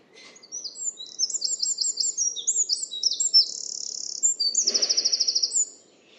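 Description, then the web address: Bird song of fast, varied high phrases: quick slurred whistles and chips running into a sustained note, then a rapid buzzy trill. "cianscape birddata Deverinetal 2025 File origin Bird Only More Classes"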